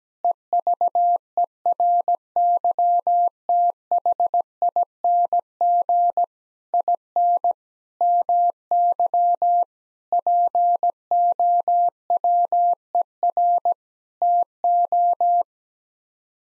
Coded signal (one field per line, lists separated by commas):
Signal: Morse code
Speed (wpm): 17 wpm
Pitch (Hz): 700 Hz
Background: none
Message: EVERYTHING IN MY POWER TO